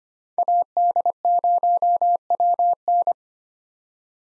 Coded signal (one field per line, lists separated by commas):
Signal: Morse code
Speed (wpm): 25 wpm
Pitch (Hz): 700 Hz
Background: none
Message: AD0WN